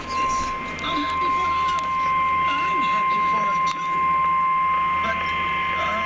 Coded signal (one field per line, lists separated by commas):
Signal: Emergency Alert System (SAME) tones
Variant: 1050 Hz attention tone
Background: speech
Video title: 2016 EAS alerts compilation! 36 alerts!